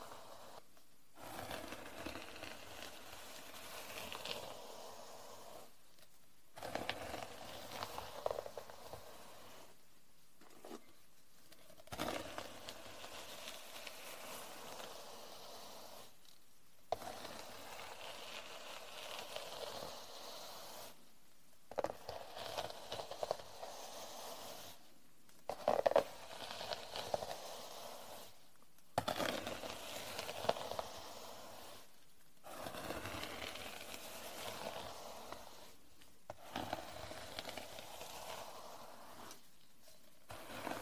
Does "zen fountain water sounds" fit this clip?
no